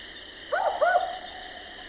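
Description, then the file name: Barking owl giving a double 'wook-wook' bark, two short woofing notes in quick succession, over steady background hiss. "Barking Owl Ninox connivens"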